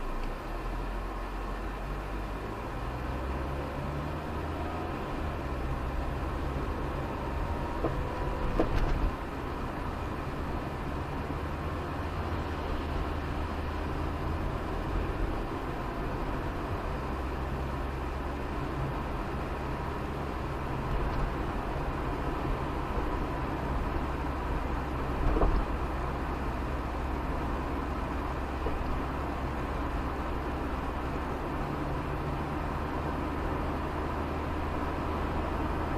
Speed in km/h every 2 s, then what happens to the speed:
7, 16, 26, 31, 33, 34, 36, 39, 42, 45, 47, 48, 48, 47, 47, 48, 50, 53.
0-21 speeds up to 48. 21-29 steady at about 47. 29-36 speeds up to 53.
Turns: none.